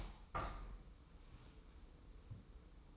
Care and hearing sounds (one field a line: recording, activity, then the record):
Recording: daily activity, microphone in the room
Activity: open window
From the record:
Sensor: 1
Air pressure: 990.3 hPa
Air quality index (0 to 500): 166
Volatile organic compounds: 1000 ppm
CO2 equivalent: 6061 ppm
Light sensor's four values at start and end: 21/46/20/21 and 21/47/20/22